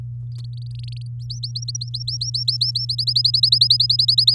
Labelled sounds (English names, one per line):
Domestic Canary song